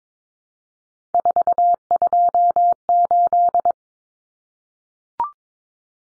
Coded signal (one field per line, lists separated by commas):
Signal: Morse code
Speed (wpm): 22 wpm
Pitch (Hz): 700 Hz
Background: none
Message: 428